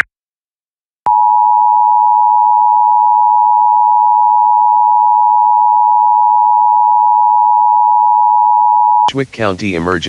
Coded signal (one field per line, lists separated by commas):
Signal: Emergency Alert System (SAME) tones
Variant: 853 and 960 Hz attention tone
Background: speech